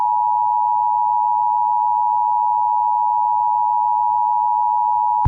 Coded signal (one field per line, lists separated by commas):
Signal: Emergency Alert System (SAME) tones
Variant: 853 and 960 Hz attention tone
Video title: EAS scenario | The Attack PT 2